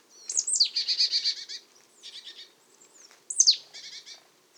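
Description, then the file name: Marsh tit call: an explosive high downslurred note followed by a quick buzzy, nasal series, given twice in under five seconds, with a fainter buzzy series between. "Poecile palustris"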